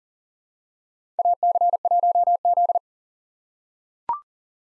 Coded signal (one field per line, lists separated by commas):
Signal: Morse code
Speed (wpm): 40 wpm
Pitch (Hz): 700 Hz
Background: none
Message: AC1Z